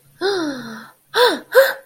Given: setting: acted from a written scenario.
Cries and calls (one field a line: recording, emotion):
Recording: vocal sound without words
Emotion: interest